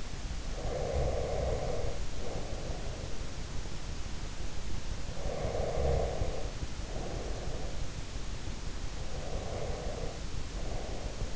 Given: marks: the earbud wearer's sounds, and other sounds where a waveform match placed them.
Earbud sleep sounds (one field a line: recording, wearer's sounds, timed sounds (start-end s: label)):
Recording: sounds in sleep by an in-ear microphone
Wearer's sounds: breath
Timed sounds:
0.00-3.44 s: breath
4.77-8.03 s: breath
9.04-11.36 s: breath